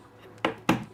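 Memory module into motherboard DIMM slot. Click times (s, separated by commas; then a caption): 0.5 s, 0.7 s. A DDR5 memory stick is pressed down into its motherboard slot until the plastic retention tabs latch. Two sharp clicks sound at 0.5 s and 0.7 s, and someone talks. The stick is seated.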